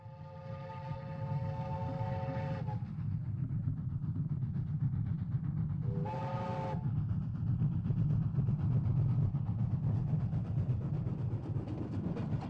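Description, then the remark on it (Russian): A passenger train rolls along with a steady, heavy low rumble throughout, sounding a long horn blast at the start and a second, shorter blast partway through. No one speaks. “Гуля и Азиз успешно сдали экзамены, перешли на последний курс и счастливы и полные надежд сели на поезд и отправились в путь.”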